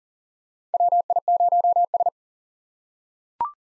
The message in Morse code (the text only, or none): WI0S